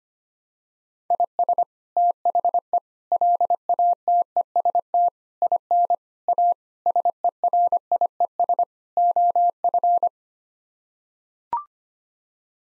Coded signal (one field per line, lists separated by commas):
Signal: Morse code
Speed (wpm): 25 wpm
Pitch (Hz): 700 Hz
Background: none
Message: IS THE LATEST IN A SERIES OF